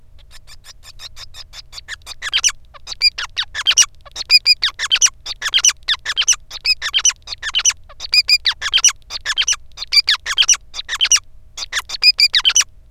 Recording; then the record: song of a male Bengalese finch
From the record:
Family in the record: son of father 5